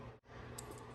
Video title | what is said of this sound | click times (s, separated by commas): $900 Dollar Honda Integra Gsr build, fixed oil leak and re pinned the vtec solenoid. | and make sure that it goes in there right yep did you hear a click clicked in the spot | 0.6 s